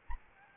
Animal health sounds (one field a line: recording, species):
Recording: mosquito wingbeat signal from an infrared sensor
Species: Anopheles arabiensis